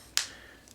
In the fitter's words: and it'll snap into place there.